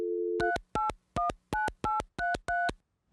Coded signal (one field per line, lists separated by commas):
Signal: DTMF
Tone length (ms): 160 ms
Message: 3819833